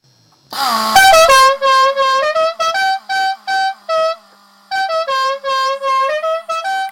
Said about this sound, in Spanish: La bocina del auto de los Duques de Hazard. Es preciosa. Vos imagínate estar en tu casa y que alguien toque el timbre y que suene esto, a ver.